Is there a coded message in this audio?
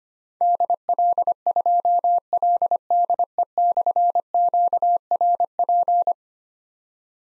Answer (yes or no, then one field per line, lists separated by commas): yes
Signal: Morse code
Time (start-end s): 0.4-6.1 s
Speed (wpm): 25 wpm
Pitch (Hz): 700 Hz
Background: none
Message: DL2LDE/QRP